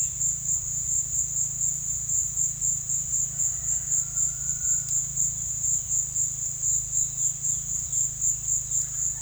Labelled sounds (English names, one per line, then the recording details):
none
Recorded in secondary vegetation near Puerto Asís, Putumayo, Colombia, on 23 June 2025 at 14:30
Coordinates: 0.498, -76.327
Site GP09